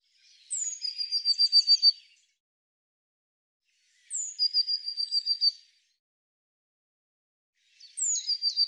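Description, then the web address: Eurasian blue tit phrases arrive about every four seconds, each a high descending note leading into a quick, level trill of repeated notes. "cianscape birddata Deverinetal 2025 File cleaned normalized Bird Cy Ca"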